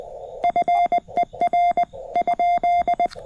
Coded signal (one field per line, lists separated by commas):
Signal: Morse code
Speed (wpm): 20 wpm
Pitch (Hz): 700 Hz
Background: music, radio noise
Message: FER ?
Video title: Labor Day Morning POTA with N3CZ: QRP with the CFT1 at Lake James State Park!